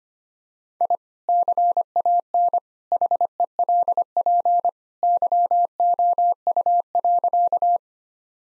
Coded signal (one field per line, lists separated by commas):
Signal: Morse code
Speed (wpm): 25 wpm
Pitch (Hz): 700 Hz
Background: none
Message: I CAN HELP YOU.